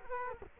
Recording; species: mosquito wingbeat signal from an infrared sensor; Culex quinquefasciatus